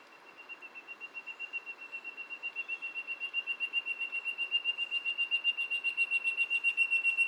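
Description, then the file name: Spotted jewel-babbler calling: a long, thin, high whistle throbbing in rapid even pulses, growing louder over background hiss. "Golosa ptic - Pyatnistyj cvetnoj flejtist Ptilorrhoa leucosticta"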